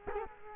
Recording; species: mosquito wingbeat signal from an infrared sensor; Culex quinquefasciatus